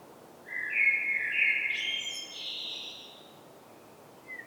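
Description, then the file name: Eurasian blackbird song: a mellow fluted warble that rises in steps, then a thin, high squeaky twitter trailing off, over faint steady background hiss. "Turdus merula"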